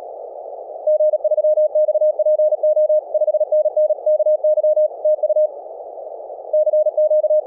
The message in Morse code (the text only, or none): G3XPO 5NN KY TU CQ